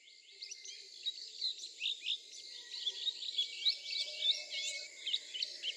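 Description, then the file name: Swinhoe's white-eye calls: rapid, uneven high twittering notes, several per second, over a steady high-pitched hum and faint background noise. Recorded at Yushan, Taiwan. "綠繡眼"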